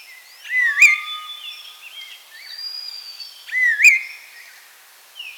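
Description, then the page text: Chestnut-crowned laughingthrush, two loud wavering whistled calls with a sharp accent about three seconds apart, backed by faint gliding whistles and a low drawn-out note. "Chestnut-Crowned Laughingthrush Call. Quick Sounds"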